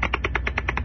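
A quick run of about eight short, gritty scraping bursts in under a second, evenly spaced like rubbing strokes. This is an adult grinding their teeth during sleep (bruxism), which damages the teeth and wrecks a bed partner's night's sleep.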